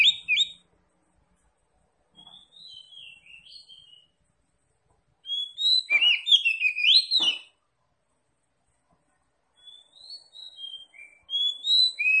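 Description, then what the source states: Oriental magpie-robin song: whistled phrases between pauses, some soft and some loud, with a loud burst of rising and falling notes midway. Tretes kacer, singing vigorously (gacor).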